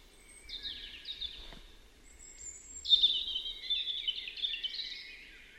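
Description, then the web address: European robin singing, a short high twittering phrase, a pause, then a longer run of rippling, jangling notes and trills that wavers and falls at the end. "Deverinetal 2025 File origin Bird Only Er Ru"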